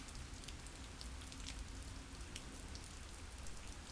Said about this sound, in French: J'écoute le bruit de la pluie, pénétré, mesuré du souffle du dormeur.